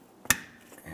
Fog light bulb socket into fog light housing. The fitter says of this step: and press it in you're going to feel it and hear it snap into both sides